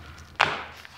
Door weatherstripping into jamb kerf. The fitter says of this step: Hear it pop. Okay.